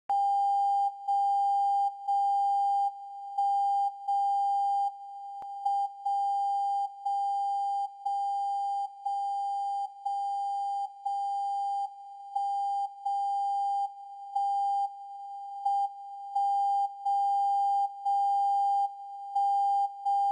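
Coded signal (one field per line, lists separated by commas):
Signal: radio time signal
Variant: WWVB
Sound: steady mid-pitched tone that dips in loudness each second, dips short or long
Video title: WWVB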